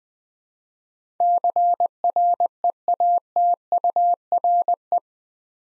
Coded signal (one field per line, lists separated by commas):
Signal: Morse code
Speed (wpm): 20 wpm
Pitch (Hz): 700 Hz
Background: none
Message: CREATURE